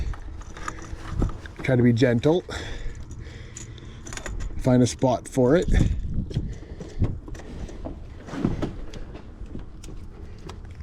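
An oil catch can hose quick-connect fitting is handled near its PCV port on the engine of a 2015–2020 Cadillac Escalade, with short scattered plastic knocks and rattles as it is positioned while someone talks. The fitting has not clicked or seated yet.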